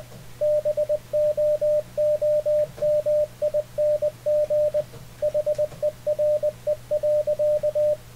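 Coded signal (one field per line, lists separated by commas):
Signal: Morse code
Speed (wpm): 20 wpm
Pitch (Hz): 600 Hz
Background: radio noise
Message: BOOMING HERE.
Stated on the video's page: CW sent and received with an Icom IC-7300 via Ham Radio Deluxe; the other station sent at 20 wpm and the 7300 was set to 20 wpm.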